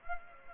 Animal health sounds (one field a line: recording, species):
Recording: mosquito wingbeat signal from an infrared sensor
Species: Culex pipiens